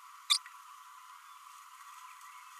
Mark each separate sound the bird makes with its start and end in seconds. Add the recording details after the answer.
0.30-0.38. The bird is a female. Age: 32 days. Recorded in a nest box in Venezuela. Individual 17B32A7